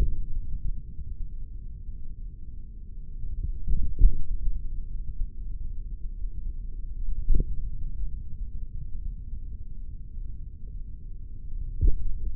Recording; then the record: forearm muscle sounds (acoustic myography)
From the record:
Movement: tripod grip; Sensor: system 3, bracelet of six PUI Audio POM-2738L microphones around the upper forearm, with dedicated amplification and filtering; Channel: 2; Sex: male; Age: 56 years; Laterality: right